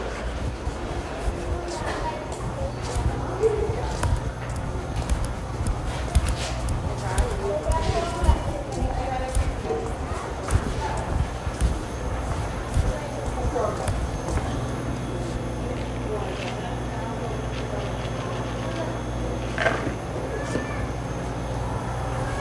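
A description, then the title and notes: Voices talk on and off at a gas station over a steady low hum of idling engines or machinery that runs the whole time. Sharp knocks and clatters come every few seconds, with a brief bright squeak near the twenty-second mark. A brain tingly visit to a gas station.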